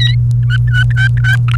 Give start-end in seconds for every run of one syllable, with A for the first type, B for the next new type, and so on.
0.43-1.36 A, 1.48-1.56 B